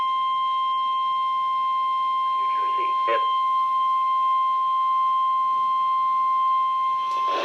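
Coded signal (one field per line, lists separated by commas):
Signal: Emergency Alert System (SAME) tones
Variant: 1050 Hz attention tone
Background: speech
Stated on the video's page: Severe Thunderstorm Watch from the Storm Prediction Center on a NOAA Weather Radio station.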